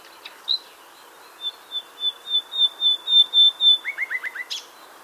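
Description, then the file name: Common nightingale song: a run of pure whistled notes swelling steadily louder, then a quick series of lower, falling slurred notes and a sharp final chip. "Luscinia megarhynchos"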